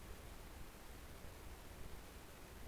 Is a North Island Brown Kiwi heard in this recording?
no